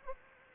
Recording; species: mosquito wingbeat signal from an infrared sensor; Aedes aegypti